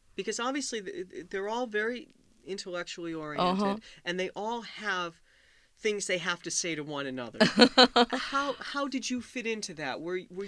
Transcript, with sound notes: Because obviously they're all very intellectually-oriented, and they all have things they have to say to one another. (laughs) How did you fit into that? Were you...